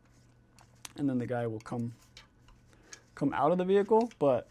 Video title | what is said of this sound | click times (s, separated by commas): Interior for and RC Speedy and a GMC | Oh, it's so hard to see in there. The seat belt pops out | 0.8 s